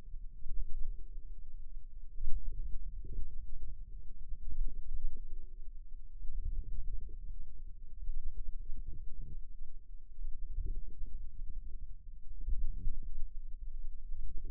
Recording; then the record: forearm muscle sounds (acoustic myography)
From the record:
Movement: ulnar deviation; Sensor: system 2, bracelet of six BSWA MPA416 microphones around the upper forearm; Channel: 1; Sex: female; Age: 22 years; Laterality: right